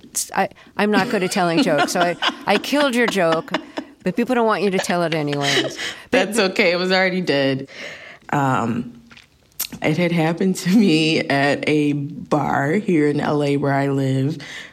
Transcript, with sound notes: I'm not good at telling jokes, so I killed your joke, but people don't want you to tell it anyways.
(Laughter) That's OK. It was already dead. It had happened to me at a bar here in LA where I live.